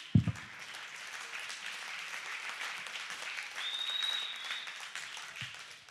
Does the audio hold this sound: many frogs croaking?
no